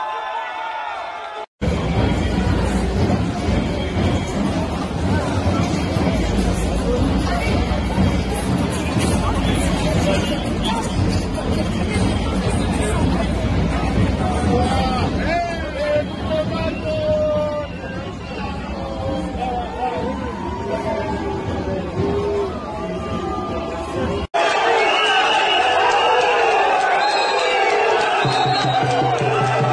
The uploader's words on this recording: Incredible Scenes - French Protesters Today In Paris France.